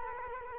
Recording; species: mosquito wingbeat signal from an infrared sensor; Culex quinquefasciatus